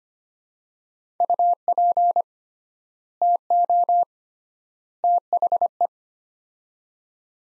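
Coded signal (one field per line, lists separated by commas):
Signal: Morse code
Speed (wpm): 25 wpm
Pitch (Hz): 700 Hz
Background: none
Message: UP TO THE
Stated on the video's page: Morse practice of three-word sets at 25 wpm with 3x word spacing, a Farnsworth-like method for head-copy training.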